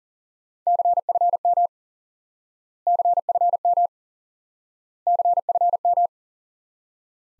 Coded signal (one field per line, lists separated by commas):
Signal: Morse code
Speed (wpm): 40 wpm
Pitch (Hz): 700 Hz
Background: none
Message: CFM CFM CFM